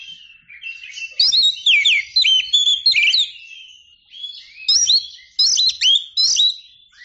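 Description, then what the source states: Oriental magpie-robin singing a dense run of sharp, sweeping whistles and chirps, with a brief soft pause before several more loud clipped phrases. Champion songbird; chirping song.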